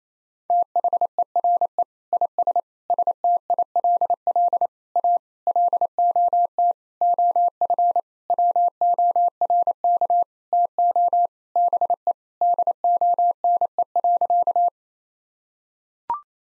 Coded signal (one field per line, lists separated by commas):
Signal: Morse code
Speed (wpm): 28 wpm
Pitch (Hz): 700 Hz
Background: none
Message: THERE IS STILL A LOT OF WORK TO BE DONE.